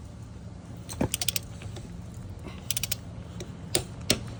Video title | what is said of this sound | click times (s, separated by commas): 2001 Mercury, Grand Marquis noise in left front wheel. ￼ | And you'll probably hear it click when it clicks. | 4.1 s